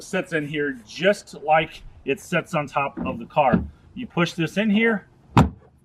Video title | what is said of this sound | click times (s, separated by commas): 2020 Corvette Owner Delivery Video. How EVERY feature works. | and you push it in until it clicks like that, and this thing ain't going to move. | 5.4 s